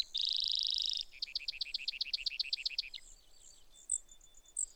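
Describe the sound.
Brewer's sparrow song opening with a dense, level buzz and then a slower pulsed trill, trailing off into faint high chips.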